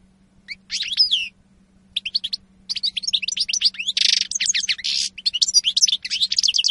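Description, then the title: European goldfinch song, high tinkling twitters starting after a short pause, then a dense run of chirps and a buzzy note near four seconds. Spanish goldfinch lure call recording (reclamo). "Reclamo jilguero espaÑol"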